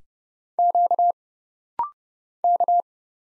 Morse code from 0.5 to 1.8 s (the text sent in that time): Q